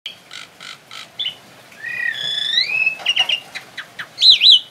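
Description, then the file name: Asian pied starling song mixing harsh buzzy notes with clear rising whistles and ending in loud, wavering whistled phrases. Indonesian name Jalak Suren; labelled Suren Teler. "Suren Teler Jalak Suren"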